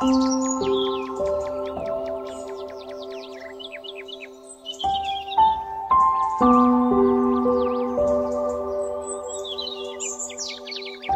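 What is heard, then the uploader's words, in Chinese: Sounds of nature: birds chirp and trill busily in a high, bright register throughout, with quick repeated calls. Beneath them, steady held tones shift in steps every second or two, dropping briefly near the middle before returning fuller, over a faint low hum. 大自然的声音。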